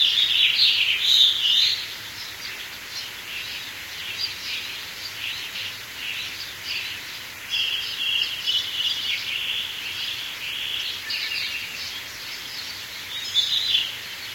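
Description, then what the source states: Birds chirping and twittering in a busy chorus, with short bright phrases overlapping and a constant thin high tone in the background. Birds in a forest setting.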